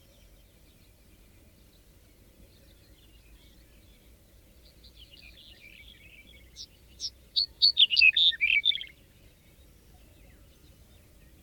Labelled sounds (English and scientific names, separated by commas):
Black-headed Bunting (Emberiza melanocephala) song